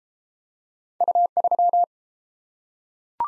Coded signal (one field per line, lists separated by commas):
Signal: Morse code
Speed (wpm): 31 wpm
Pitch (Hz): 700 Hz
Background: none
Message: U3